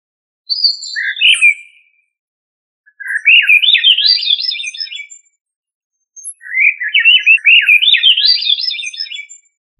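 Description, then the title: Thrush song: three bright, warbled phrases of quick whistled and slurred notes, separated by short pauses. "Familia Turdidae - Sabia"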